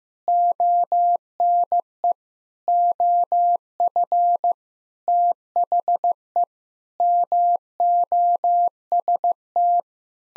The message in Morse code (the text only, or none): ONE OF THE MOST